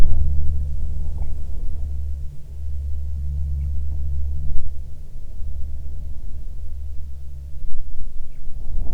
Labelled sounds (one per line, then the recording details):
bird
jet
wind
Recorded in the Prudhoe Bay oil fields, Alaska, on 7 August 2019 at 14:20
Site 17